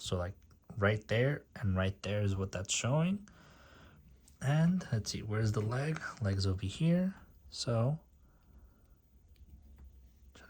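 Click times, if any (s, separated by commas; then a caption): none. A plastic leg piece is pressed onto the connection point of a toy model body while someone talks, with only faint taps after the speech. The leg joint does not click, though the piece sits on fairly well; nothing has seated or clicked yet.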